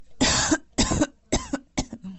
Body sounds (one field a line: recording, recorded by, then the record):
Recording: voluntary cough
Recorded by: messaging app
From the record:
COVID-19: negative